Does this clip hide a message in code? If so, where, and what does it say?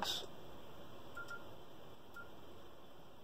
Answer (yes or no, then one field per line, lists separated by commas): no